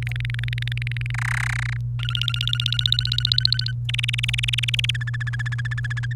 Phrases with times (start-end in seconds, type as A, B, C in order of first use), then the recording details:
0.02-1.11 A, 1.14-1.77 B, 1.99-3.72 C, 3.89-4.91 D, 4.94-6.13 E. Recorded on 28 April 2018 at 15:29. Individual llb3